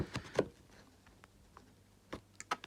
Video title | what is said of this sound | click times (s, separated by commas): Fitting Heated Seats Pads to Porsche Boxster S / 996 911 Retro fit | pulling it through with the pliers until it clicks like | 2.4 s, 2.5 s